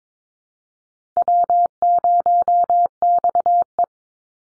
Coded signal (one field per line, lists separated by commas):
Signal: Morse code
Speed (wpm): 22 wpm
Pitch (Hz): 700 Hz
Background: none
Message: W0XE